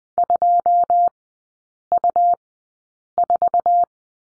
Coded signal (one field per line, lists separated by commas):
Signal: Morse code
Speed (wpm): 20 wpm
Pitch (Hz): 700 Hz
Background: none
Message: 2U4